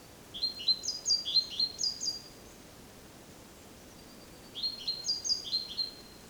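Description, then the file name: Great tit calls: clusters of sharp, high chirping notes, one burst early and another after a pause of about two seconds, over faint background hiss. "Parus major"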